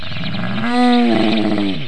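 Cow mooing, one drawn-out harmonic low call that swells in the middle and fades slightly toward the end, lasting about two seconds.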